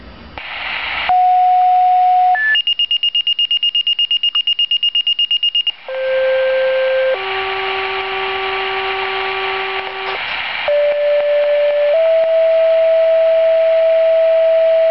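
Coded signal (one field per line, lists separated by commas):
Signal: two-tone page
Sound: several long steady tones in sequence, one rapidly pulsing high beep, radio hiss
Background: radio static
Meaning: Nightly test of the fire pager alert tones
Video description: Du-comm's nightly tone test. Hanover Park, Bartlett, Streamwood, Roselle, and the M.A.B.A.S. emergency alert tones.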